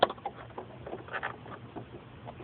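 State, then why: Not seated. A buttonhole presser foot is fitted by hand beneath the presser foot shank of a Singer Curvy 160 / 8763 / 8770 / 8780 sewing machine. A sharp tap at 0.0 s is followed by soft, uneven patter and rustling handling noises. Nothing has seated or clicked yet.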